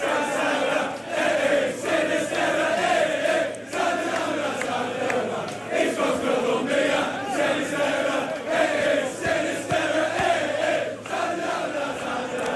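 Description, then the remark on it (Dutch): A large crowd of English Premier League football fans sings a loud, rhythmic chant in unison about Colombian player Sinisterra, who had just scored, the massed voices rising and falling in repeated phrases with a steady, rowdy cadence throughout. “Heb jij ook dronken Engels leren verstaan? Want ik hoor alleen maar From Colombia en Sinisterra.”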